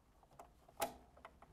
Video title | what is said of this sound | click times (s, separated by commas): How a Sewing Machine Works with Debbie Shore - New To You | pop it into position and you'll hear a click | 0.8 s